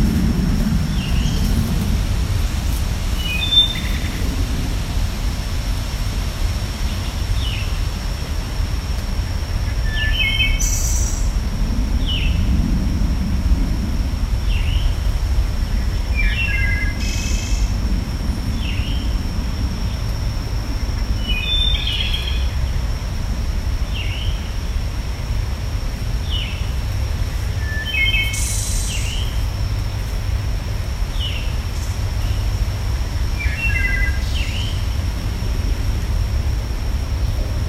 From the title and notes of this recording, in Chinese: 丛林中画眉的鸟叫_美国马克兰。